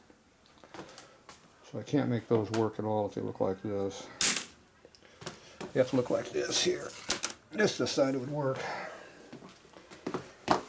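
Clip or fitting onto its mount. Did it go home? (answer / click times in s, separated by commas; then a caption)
yes / 10.5 s. Someone talks while handling a clip or fitting, with a few light knocks and taps between the words, then presses the style that works down onto its mount. A sharp, loud snap at 10.5 s marks the clip seating into place.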